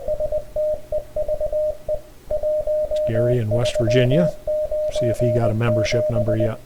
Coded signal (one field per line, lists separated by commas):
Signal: Morse code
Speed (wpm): 20 wpm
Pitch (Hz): 610 Hz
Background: speech, radio noise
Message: STEVE 1397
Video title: CW Ops Contest